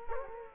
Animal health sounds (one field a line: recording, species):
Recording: mosquito wingbeat signal from an infrared sensor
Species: Culex quinquefasciatus